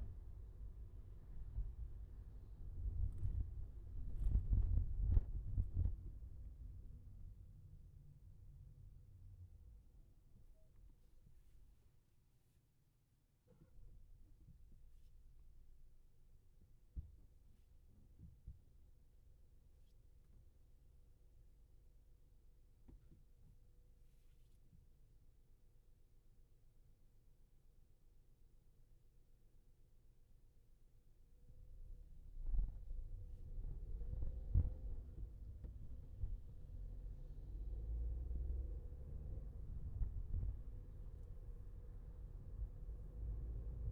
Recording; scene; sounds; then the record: everyday scene through a hearing-aid microphone; in a vehicle; engine, highway traffic jam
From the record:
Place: Skoda Fabia, gasoline engine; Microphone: behind the ear, left, rear